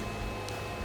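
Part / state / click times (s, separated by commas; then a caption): foam spinner bit into impact driver chuck / seated / 0.5 s. The hex shank of a foam spinner bit is pushed into the quick-release chuck of an impact driver over a steady low background hum. A single short snap sounds at 0.5 s as the bit locks in, and it is seated.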